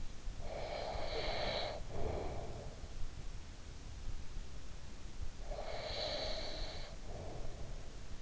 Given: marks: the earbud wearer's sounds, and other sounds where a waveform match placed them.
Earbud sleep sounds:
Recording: sounds in sleep by an in-ear microphone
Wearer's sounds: breath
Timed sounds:
0.17-3.35 s: breath
5.04-8.22 s: breath

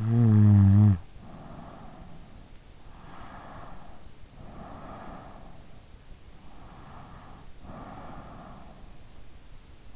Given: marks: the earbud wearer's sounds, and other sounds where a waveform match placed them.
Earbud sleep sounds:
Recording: sounds in sleep by an in-ear microphone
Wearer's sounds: snoring breath, breath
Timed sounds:
0.00-2.10 s: snoring breath
2.95-5.81 s: breath
6.45-9.02 s: breath

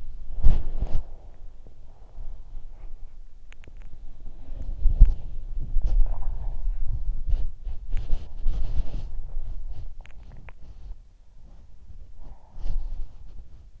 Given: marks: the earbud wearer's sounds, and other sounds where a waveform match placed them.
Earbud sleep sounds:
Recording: sounds in sleep by an in-ear microphone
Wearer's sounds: body movement, teeth grinding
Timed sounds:
0.00-3.12 s: body movement
3.40-13.80 s: body movement
10.00-10.88 s: teeth grinding

